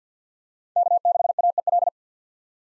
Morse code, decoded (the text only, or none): K6AEL